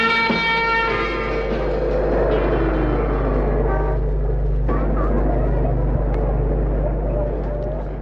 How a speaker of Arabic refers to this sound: بقالي ربع ساعه عمال ازمر لك، ما سمعتش كلاكس ولا ايه؟ لا سمعت.